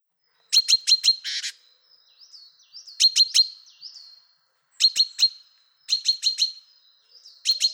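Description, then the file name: Great tit calls: short bursts of rapid, high, sharp notes repeated in quick groups, separated by brief pauses, with a few softer thin notes between bursts. "Kjøttmeis"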